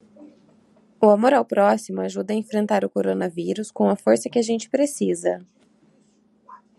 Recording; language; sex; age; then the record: spoken sentence; Brazilian Portuguese; female; 20 to 29 years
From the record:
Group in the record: control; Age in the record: 29 years